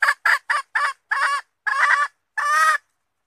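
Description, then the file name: Red junglefowl hen calling with quick short clucks that lengthen into longer, harsh, stuttering notes before stopping. Female (hen) red junglefowl calling to find a mate. "tieng ga rung mai keu tim kiem ban tinh"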